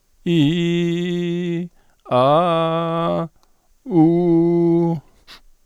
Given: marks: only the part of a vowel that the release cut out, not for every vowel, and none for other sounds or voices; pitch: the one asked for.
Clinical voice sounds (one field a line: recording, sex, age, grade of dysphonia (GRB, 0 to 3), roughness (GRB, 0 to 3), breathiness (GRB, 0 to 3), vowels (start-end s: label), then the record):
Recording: sustained vowels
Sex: male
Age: 50 to 59 years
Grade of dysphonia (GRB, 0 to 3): 0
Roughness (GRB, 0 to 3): 0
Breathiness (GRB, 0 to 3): 0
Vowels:
0.32-1.54 s: vowel /i/, low-high-low pitch
2.15-3.06 s: vowel /a/, low-high-low pitch
3.97-4.84 s: vowel /u/, low-high-low pitch
From the record:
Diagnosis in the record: hypofunctional dysphonia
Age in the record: 50 years